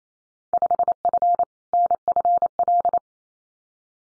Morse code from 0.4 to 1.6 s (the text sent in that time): 5F